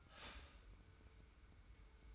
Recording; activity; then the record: daily activity, microphone in the room; start toaster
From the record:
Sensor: 2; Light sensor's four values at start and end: 25/59/24/24 and 25/59/24/24